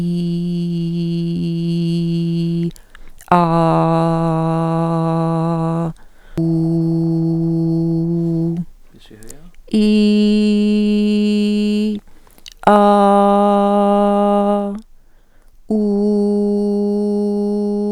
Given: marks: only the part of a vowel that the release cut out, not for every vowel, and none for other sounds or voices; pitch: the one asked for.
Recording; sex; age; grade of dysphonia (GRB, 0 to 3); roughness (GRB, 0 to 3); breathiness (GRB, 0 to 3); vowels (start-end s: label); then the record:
sustained vowels; female; 50 to 59 years; 0; 0; 0
0.00-1.29 s: vowel /i/, normal pitch
3.59-5.52 s: vowel /a/, normal pitch
6.86-8.45 s: vowel /u/, normal pitch
9.89-11.71 s: vowel /i/, high pitch
12.84-14.60 s: vowel /a/, high pitch
15.85-17.55 s: vowel /u/, high pitch
From the record:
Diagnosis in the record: functional dysphonia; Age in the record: 58 years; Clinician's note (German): Mit Neuralgie N. laryngeus superior (abklingend)